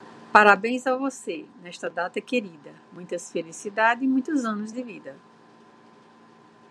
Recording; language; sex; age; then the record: short text; Brazilian Portuguese; female; 50 to 59 years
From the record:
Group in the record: control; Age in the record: 58 years